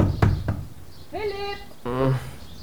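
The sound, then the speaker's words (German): Two sharp, hard knocks on a door, spaced about a third of a second apart, followed by a raised voice calling out in two drawn-out syllables. “mach die Tür auf!”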